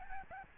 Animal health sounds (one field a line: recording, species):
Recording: mosquito wingbeat signal from an infrared sensor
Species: Aedes albopictus